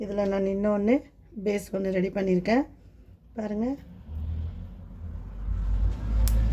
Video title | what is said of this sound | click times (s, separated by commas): How to use Button Making Machine | lock ஆயிடுச்சு பாத்தீங்களா ரெண்டு சைடுக்கும் | 6.3 s